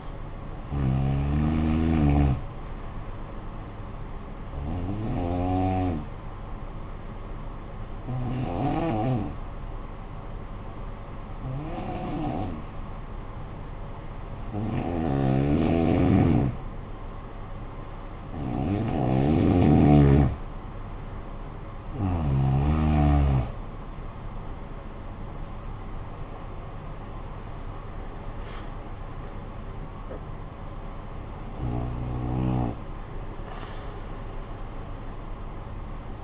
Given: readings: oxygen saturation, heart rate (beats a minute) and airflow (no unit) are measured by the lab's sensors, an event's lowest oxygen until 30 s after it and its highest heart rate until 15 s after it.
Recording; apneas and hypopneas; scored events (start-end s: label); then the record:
breathing in sleep by a smartphone at the bedside; 1
6.00-36.24 s: new sleep stage, N2 (light sleep)
7.00-22.30 s: hypopnea (N2, oxygen 95% highest, then 90% lowest, heart rate 53 at the start, 70 highest)
From the record:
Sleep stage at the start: N1 (lightest sleep); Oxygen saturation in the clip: 88 to 95%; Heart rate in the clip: 53 to 70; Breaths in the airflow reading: 9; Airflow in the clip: -11.8 to 9.5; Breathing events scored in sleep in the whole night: 445 in 7.6 hours asleep